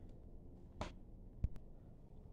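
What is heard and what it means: A plastic side cover on a Honda XR 150L motorcycle, removed during a clutch disc change, is pushed into its tab sockets on the frame before its screw goes in. It snaps into place with a sharp click at 0.8 s, followed by two faint short ticks around 1.4 s and 1.6 s. The cover is seated on its tabs.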